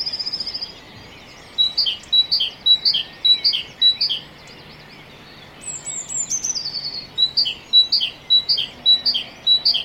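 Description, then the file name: Great tit repeating a crisp two-note phrase in quick succession in two bouts, broken by a thin, high, falling trill. "Parus major"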